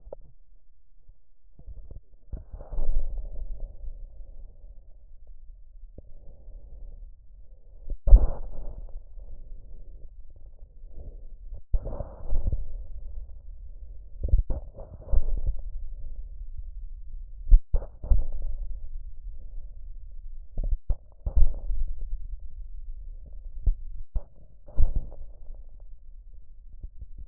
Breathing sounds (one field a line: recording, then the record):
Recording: lung sounds by stethoscope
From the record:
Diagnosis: emphysema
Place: left posterior upper chest